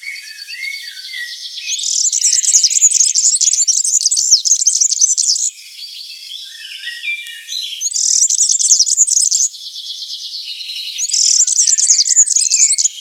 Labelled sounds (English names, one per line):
European Serin song